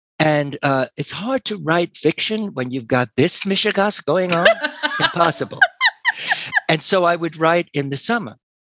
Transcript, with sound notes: And it's hard to write fiction when you've got this mishegoss going on. (laughter) Impossible. And so I would write in the summer.